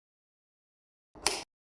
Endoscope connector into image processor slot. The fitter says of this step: please note that the endoscope should be fully inserted into the slot until it makes a click sound